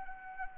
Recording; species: mosquito wingbeat signal from an infrared sensor; Anopheles arabiensis